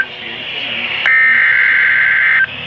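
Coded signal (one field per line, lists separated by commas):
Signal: Emergency Alert System (SAME) tones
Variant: header bursts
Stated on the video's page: Severe thunderstorm warning EAS tones.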